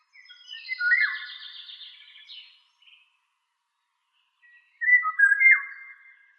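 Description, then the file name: Eurasian golden oriole song: two phrases, the first a mellow whistle with a wavering high warble, the second a loud fluty whistled phrase. "Rigogolo"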